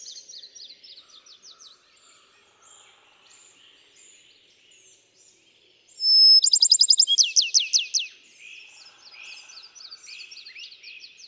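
Bachman's sparrow song: a clear sustained whistle followed by a loud, fast trill about two seconds long, set among softer repeated chirping.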